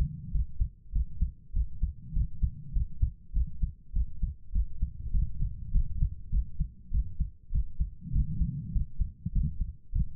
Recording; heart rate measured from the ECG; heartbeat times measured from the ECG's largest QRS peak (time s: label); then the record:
heart sounds by stethoscope; 100 bpm
0.30 s: heartbeat
0.91 s: heartbeat
1.52 s: heartbeat
2.12 s: heartbeat
2.72 s: heartbeat
3.32 s: heartbeat
3.92 s: heartbeat
4.51 s: heartbeat
5.10 s: heartbeat
5.71 s: heartbeat
6.30 s: heartbeat
6.90 s: heartbeat
7.50 s: heartbeat
8.11 s: heartbeat
8.71 s: heartbeat
9.31 s: heartbeat
9.91 s: heartbeat
From the record:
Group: healthy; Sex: female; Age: 32 years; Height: 172 cm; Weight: 71.7 kg